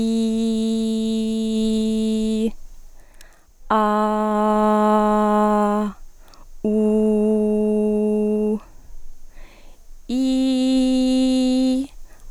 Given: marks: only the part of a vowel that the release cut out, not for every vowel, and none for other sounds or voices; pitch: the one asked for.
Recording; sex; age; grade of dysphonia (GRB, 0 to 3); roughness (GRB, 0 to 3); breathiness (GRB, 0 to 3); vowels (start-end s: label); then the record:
sustained vowels; female; 30 to 39 years; 0; 0; 0
0.00-2.24 s: vowel /i/, normal pitch
3.89-5.72 s: vowel /a/, normal pitch
6.81-8.33 s: vowel /u/, normal pitch
10.28-11.66 s: vowel /i/, high pitch
From the record:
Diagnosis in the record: healthy voice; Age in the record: 36 years